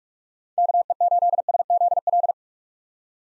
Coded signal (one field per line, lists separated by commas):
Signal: Morse code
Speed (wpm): 46 wpm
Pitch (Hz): 700 Hz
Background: none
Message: KE8SZL